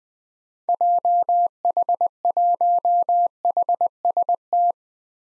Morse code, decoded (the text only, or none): JH1HST